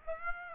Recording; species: mosquito wingbeat signal from an infrared sensor; Aedes aegypti